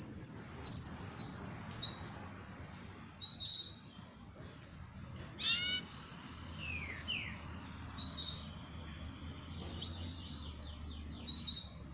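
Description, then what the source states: Belgian canary song in scattered phrases: a few quick chips, a sharp downward sweep, then sparse high whistled notes. Copper-coloured Belgian canary.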